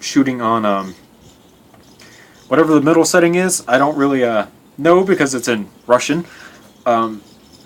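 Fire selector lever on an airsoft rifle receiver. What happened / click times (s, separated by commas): Handled, not yet home: no seating click from the selector lever / none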